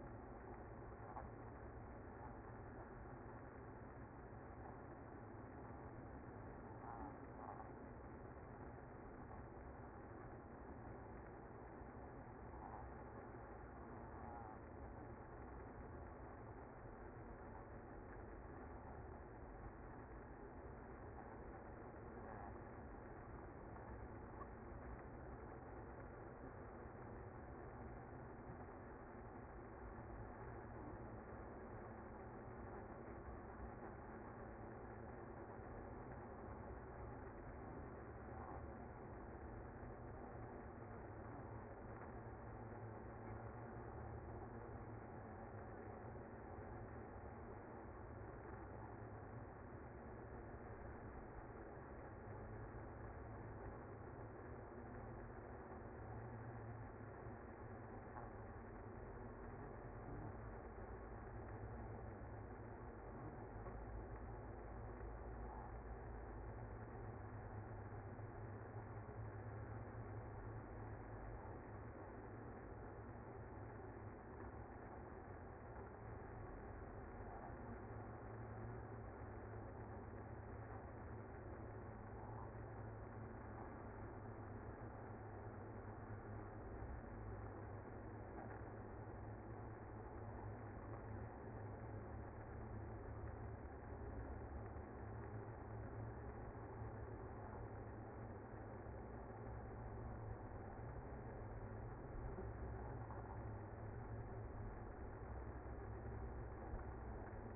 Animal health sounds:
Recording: honeybee colony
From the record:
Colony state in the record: active

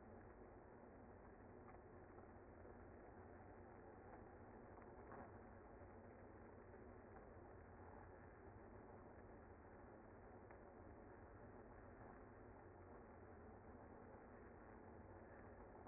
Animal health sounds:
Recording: honeybee colony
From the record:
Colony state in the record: active

